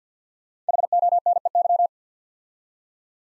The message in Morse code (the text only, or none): HONEY